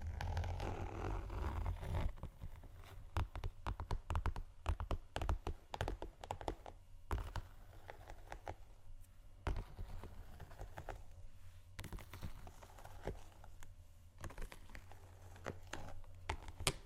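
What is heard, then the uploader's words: Shoes scratch and tap in quick irregular clusters over a steady low hum, with a denser rubbing scrape in the first two seconds. ASMR Shoes Scratching & Tapping（No Talking）.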